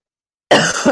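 A single short, sharp cough from an adult bursts out after a moment of silence, an ordinary incidental cough.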